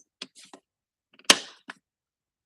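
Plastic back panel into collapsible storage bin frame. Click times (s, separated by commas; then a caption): 1.3 s. The plastic back panel of a collapsible plastic storage bin is folded out and snapped into place in the bin frame. A few light plastic taps and clicks come before and after it, and a sharp, loud snap at 1.3 s seats the panel.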